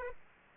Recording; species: mosquito wingbeat signal from an infrared sensor; Aedes aegypti